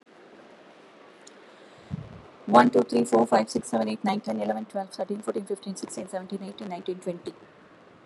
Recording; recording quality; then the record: counting at a fast pace; excellent, no background noise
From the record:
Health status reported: healthy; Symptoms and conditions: none ticked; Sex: female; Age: 49 years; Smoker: not ticked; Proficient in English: yes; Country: India